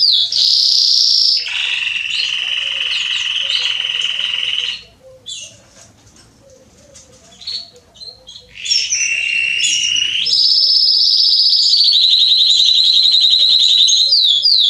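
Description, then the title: Canary singing high trills and a lower buzzy roll, then falling quiet for about four seconds before resuming with fast rolling tours. Male Belgian canary singing a lot, meant to warm up and stimulate young canaries. "Canary Training Esquente Seu Filhote E Canario Belga Em 30 Minutos Macho Cantando Muito. CANTO DO CANRIO"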